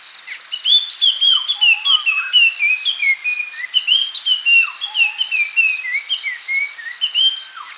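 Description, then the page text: Puff-throated babbler singing a continuous stream of bright, slurred whistles, mostly falling in pitch, broken by occasional low brief notes. "Puff-Throated Babbler Song. Quick Sounds library"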